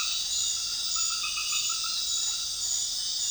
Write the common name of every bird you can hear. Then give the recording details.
none. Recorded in dense forest near Puerto Asís, Putumayo, Colombia, on 19 February 2024 at 21:30. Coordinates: 0.502, -76.324. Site G6370